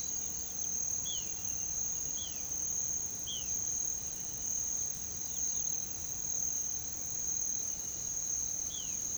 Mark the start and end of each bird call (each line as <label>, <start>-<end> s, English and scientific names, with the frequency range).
Violaceous Jay (Cyanocorax violaceus) (2.0-4.2 kHz), 1.01-1.40 s
Violaceous Jay (Cyanocorax violaceus) (1.7-4.0 kHz), 2.17-2.44 s
Violaceous Jay (Cyanocorax violaceus) (2.2-4.0 kHz), 3.24-3.57 s
Violaceous Jay (Cyanocorax violaceus) (1.5-4.1 kHz), 8.65-8.99 s